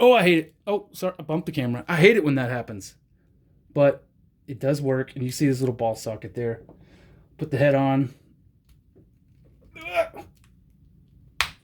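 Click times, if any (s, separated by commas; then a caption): 11.4 s. Someone talks while swapping the head on a plastic Super7 Ultimates Panthro (ver. 2) Thundercats action figure, pressing the alternate head onto the neck ball socket. A sharp pop is heard at 11.4 s as the head snaps into place and seats on the ball joint.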